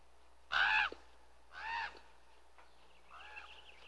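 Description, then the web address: Raven-type hoarse calls: one loud croak, then a softer one and a faint third, with thin chirps of other birds and a low hum behind. Other birds are audible in the background. "bird raven other birds in bg"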